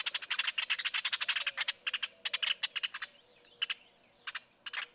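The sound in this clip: Great-tailed grackle giving rapid, dry clacking notes in dense bursts, with a brief pause and a few scattered clacks near the end.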